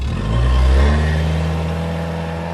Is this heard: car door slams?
yes